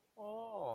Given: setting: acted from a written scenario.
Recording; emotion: vocal sound without words; adoration